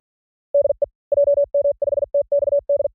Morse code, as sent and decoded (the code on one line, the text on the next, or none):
-.. . / .--- -- ..... - -..- -..
DE JM5TXD